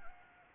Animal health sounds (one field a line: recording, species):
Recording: mosquito wingbeat signal from an infrared sensor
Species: Anopheles arabiensis